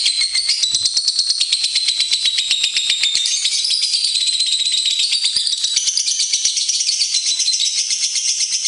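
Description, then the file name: Lovebird giving a long, unbroken stream of high, rapid, buzzy chatter, with notes rising and falling throughout. Lovebird performing long ngekek. "lovebird-ngekek-panjang-5-omkicau"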